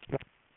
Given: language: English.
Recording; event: throat vibration sensor signal played as sound; swallow